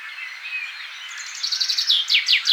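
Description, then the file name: Common chaffinch beginning its song, a fast run of repeated high notes that starts to descend, with other birds twittering faintly beforehand. "Fringilla coelebs"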